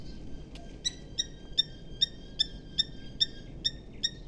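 Eurasian hobby calling a run of about nine bright, ringing notes at a steady pace, after a faint click, over low background noise.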